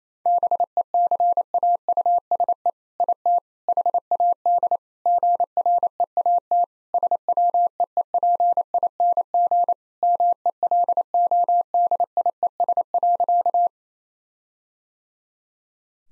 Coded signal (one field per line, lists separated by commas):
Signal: Morse code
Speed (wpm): 28 wpm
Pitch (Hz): 700 Hz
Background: none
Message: BECAUSE IT HAD GREAT SWEEPING MELODIES.